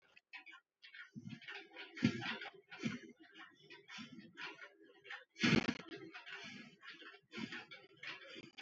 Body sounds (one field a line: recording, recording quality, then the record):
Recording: deep breathing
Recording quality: moderate, slight background noise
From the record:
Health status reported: COVID-19 positive, moderate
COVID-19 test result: positive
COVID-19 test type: RT-PCR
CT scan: not taken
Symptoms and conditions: cough, cold, fever, fatigue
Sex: male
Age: 35 years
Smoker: no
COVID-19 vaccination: both doses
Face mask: not worn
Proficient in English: yes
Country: India